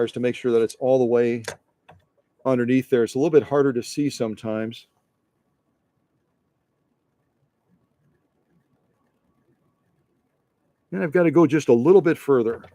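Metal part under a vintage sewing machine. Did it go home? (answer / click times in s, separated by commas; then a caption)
no / none. A metal part underneath a vintage 1955 Pfaff 230 sewing machine is worked under a lip to make sure it is all the way underneath before being pushed home. Someone talks at the start and end, with a near-silent stretch from about 4.8 to 10.9 s holding only faint handling sounds. Nothing has clicked into place yet.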